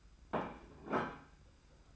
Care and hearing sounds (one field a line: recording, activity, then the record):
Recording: daily activity, microphone in the room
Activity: place plate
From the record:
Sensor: 2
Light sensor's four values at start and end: 26/84/32/31 and 26/82/32/30